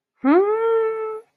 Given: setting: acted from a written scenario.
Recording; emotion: vocal sound without words; contempt